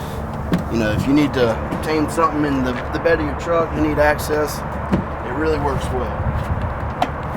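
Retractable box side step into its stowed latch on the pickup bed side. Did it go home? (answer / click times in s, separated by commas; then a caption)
yes / 7.0 s. Someone talks while the retractable fold-out box side step on a 2017 Ford F-150 King Ranch pickup is pushed back up into its stowed latch under the bed side. A brief sharp sound occurs near 0.5 s. At 7.0 s the step latches into its stowed position with a single sharp click, seating easily.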